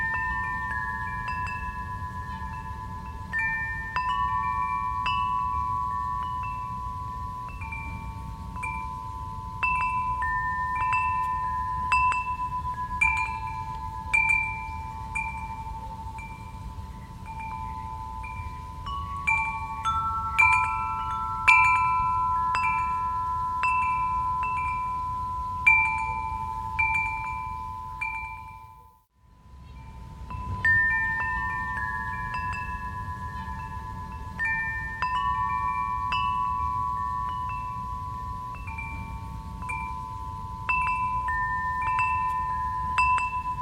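Wind chimes ring in a steady breeze, bright overlapping tones sounding every second or so over a low rumble, briefly stopping near 29 seconds.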